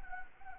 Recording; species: mosquito wingbeat signal from an infrared sensor; Anopheles arabiensis